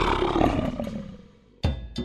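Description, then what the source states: Lion roar, a deep rough rumbling roar fading away over about a second and a half, then two short loud bursts of noise. The lion's roar can be heard up to 5 miles away because of the specialized structure of its vocal cords.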